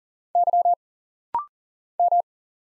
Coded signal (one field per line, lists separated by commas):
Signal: Morse code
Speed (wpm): 40 wpm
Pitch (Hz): 700 Hz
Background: none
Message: Y M